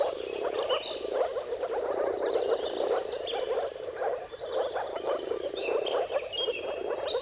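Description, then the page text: Moor frogs in a dense mating chorus, soft bubbling low calls overlapping continuously, with bird whistles and trills above. Moor frogs in a mating chorus at sunrise, at the turn of March and April, timing depending on weather. "Jakub-Orzecki moor frogs. earth.fm. Dawn’s Chorus: Mating Calls of Marsh Frogs at Sunrise. Depending on the weather at the turn of March and April, you can witness an amazing spectacle of moor frogs"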